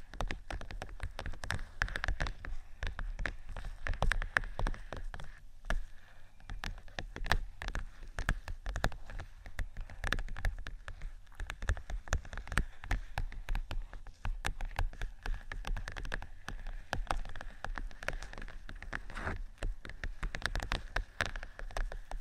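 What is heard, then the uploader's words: Fingertip tapping and scratching on vinyl, a dense, irregular patter of sharp clicks that runs without pause for the whole stretch. The ticks are crisp and bright, over a soft low rumble, with brief louder flurries scattered throughout, much like rain on a surface. ASMR Tapping & Scratching 5 Types Of Vinyl（No Talking）.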